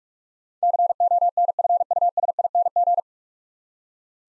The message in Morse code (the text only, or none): CONFUSING